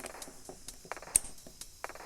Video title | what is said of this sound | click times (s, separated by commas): How to Replace Thumbstick Cap on PS5 DualSense Edge Controller (Easy Guide) | Line up the new cap with the stick and press it down until it clicks into place. | 1.2 s